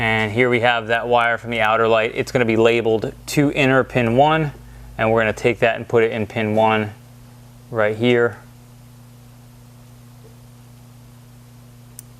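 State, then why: Seated. Someone talks while a crimped wire terminal from the outer light, labeled inner pin one, is pushed into pin position one of a plastic tail light connector housing on an MK7 LED tail light adapter harness for Euro-style light operation. After the talking stops there is a quiet stretch, then a single short, sharp click at 12.0 s as the terminal latches and seats in the housing.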